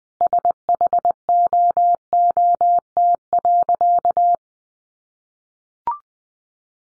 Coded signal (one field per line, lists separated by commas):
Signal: Morse code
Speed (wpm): 20 wpm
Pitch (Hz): 700 Hz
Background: none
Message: SHOOT.